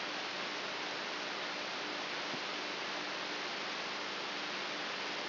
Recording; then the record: brain microelectrode recording played as sound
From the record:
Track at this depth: inside the subthalamic nucleus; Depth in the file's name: 4.64 mm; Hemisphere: right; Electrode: 3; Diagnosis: Parkinson's disease